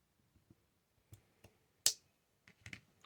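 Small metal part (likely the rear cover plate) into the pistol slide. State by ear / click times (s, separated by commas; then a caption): seated / 1.9 s. While reassembling a Glock 26 pistol slide during a Trijicon RMR Type 2 upgrade, after using a block tool, a small metal part (possibly the rear cover plate) is pressed into the slide. It snaps home with one sharp, loud click at 1.9 s, seating in place. Softer handling clicks and taps come before and after.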